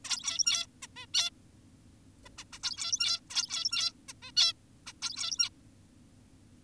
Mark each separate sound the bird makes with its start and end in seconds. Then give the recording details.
0.05-0.66, 0.82-0.87, 0.96-1.06, 1.14-1.30, 2.25-2.29, 2.38-2.44, 2.53-2.59, 2.64-3.20, 3.30-3.93, 4.09-4.13, 4.22-4.32, 4.37-4.53, 4.87-4.93, 5.02-5.50. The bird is an adult. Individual g17y2U